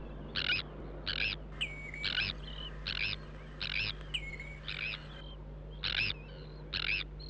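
Tern calls: about nine short, harsh rasping notes, with thin high whistled notes between them and a steady low hum beneath.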